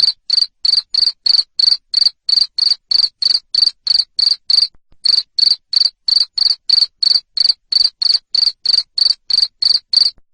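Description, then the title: Cricket chirping steadily, sharp high pulses about three a second, with one brief gap midway. Loud cricket chirping used to make lovebirds sing continuously. "Suara JANGKRIK NGERIK Keras Bikin LOVEBIRD Jadi NGEKEK Terus Vubey"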